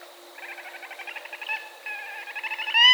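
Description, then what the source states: Barred owl giving rapid, nasal, stuttering cackles in two bursts, ending in a sharp, higher squeal. Recorded on 20 October 2010.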